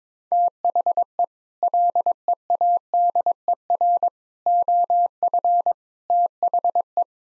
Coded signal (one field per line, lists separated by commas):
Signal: Morse code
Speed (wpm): 22 wpm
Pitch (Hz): 700 Hz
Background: none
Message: THE LEADER OF THE